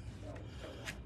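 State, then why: Not seated. A plastic Mantis X10 dry-fire training sensor unit is handled against a pistol's Picatinny accessory rail, producing soft rubbing and scraping sounds with brief brighter scrapes around 0.3 s and 0.9 s. Nothing has seated or clicked onto the rail yet.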